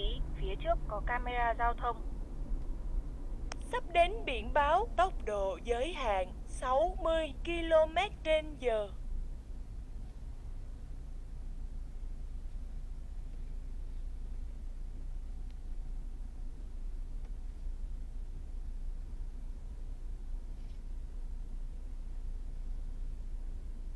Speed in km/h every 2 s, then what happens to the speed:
55, 51, 45, 33, 20, 15, 13, 12, 12, 12, 11, 10.
0-9 brakes to 15. 9-24 steady at about 12.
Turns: none.